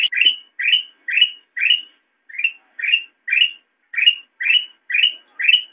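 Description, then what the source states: Sooty-headed bulbul repeating a rising chirp roughly twice a second, eleven notes in all, with a short pause near the middle. Intended for masteran, tutoring other songbirds to copy the call.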